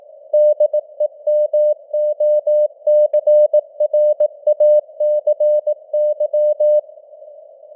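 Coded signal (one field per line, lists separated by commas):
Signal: Morse code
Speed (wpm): 18 wpm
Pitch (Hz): 600 Hz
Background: none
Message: DEMOCRACY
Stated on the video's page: Simulated Morse news headlines at 18 wpm with simulated radio noise and varying signal strength (QSB).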